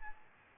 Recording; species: mosquito wingbeat signal from an infrared sensor; Aedes albopictus